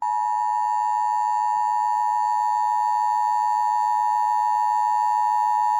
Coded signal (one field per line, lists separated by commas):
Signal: Emergency Alert System (SAME) tones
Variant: 853 and 960 Hz attention tone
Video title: EAS 691-692 - SMW